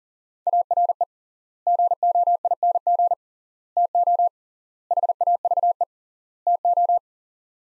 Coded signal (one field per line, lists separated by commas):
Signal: Morse code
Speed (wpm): 40 wpm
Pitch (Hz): 700 Hz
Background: none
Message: ARE GOING TO HAVE TO